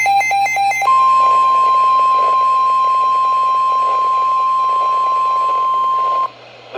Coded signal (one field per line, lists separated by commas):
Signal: Emergency Alert System (SAME) tones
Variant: 1050 Hz attention tone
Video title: 2 ILN Severe Thunderstorm Warnings on WXJ46 - Miamisburg, OH & KIH42 - Covington, KY (EAS #7 & #8)